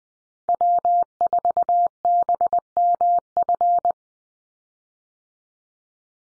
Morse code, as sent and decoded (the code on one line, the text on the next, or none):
.-- ....- -... -- ..-.
W4BMF